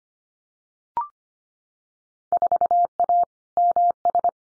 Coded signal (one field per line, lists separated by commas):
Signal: Morse code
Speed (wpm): 25 wpm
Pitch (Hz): 700 Hz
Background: none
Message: 4A MS